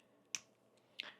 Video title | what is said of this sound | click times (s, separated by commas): PORTABLE ORAL IRRIGATOR I UNBOXING | And yeah, see, hear that? There's a click. | 0.4 s